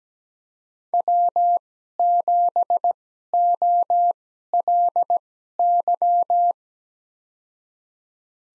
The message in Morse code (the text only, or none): W7OLY